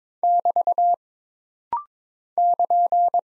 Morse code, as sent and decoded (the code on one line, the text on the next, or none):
-...- / -.--.
<BT> <KN>